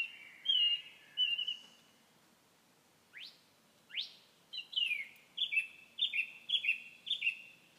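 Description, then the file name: Common nightingale song: whistled phrases, two sharp rising sweeps, then fast rhythmic repeated notes. "Nachtegaal"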